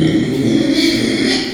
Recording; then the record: squeal of a Yucatan mini pig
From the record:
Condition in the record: after surgery on the right vocal fold (resection and tissue-engineered implant); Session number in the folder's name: 2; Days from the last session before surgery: 13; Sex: male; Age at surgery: 12 weeks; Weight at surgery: 13 kg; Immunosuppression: cyclosporine, prednisolone